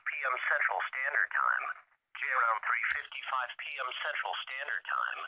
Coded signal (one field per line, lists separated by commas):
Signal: Emergency Alert System (SAME) tones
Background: speech